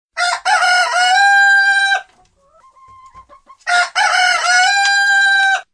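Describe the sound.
Chicken: rooster crowing twice, each a long, loud, harmonic crow about two seconds long, separated by a quiet gap with faint tonal sounds.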